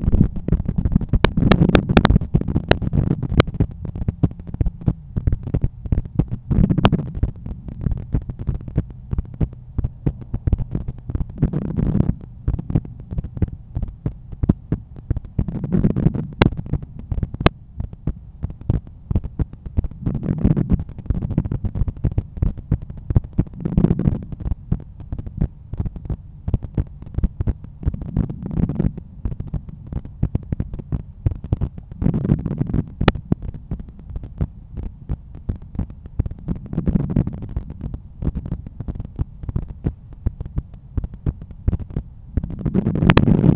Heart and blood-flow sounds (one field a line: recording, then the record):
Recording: heart sounds by stethoscope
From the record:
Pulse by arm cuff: 93 bpm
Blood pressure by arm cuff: 123/83 mmHg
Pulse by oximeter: 97 bpm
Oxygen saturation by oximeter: 96%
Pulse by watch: 97 bpm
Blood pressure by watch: 126/80 mmHg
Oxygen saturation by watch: 96%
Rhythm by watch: sinus rhythm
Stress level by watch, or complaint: medium stress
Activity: after 5 min smoking and coffee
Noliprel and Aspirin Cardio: no pills today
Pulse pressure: 40 mmHg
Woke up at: 7:30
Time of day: 8:55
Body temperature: 36.7 C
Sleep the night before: 9 h 22 min, score 68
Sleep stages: REM 22%, light 66%, deep 4%, awake 8%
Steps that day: 11800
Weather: sunny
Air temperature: 15.5 C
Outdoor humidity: 94%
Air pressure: 1015 hPa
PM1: 4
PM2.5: 6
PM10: 9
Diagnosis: hypertension, treated with Noliprel and Aspirin Cardio 100 mg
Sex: male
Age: 53 years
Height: 174 cm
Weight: 81 kg